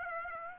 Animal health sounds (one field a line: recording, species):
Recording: mosquito wingbeat signal from an infrared sensor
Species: Aedes aegypti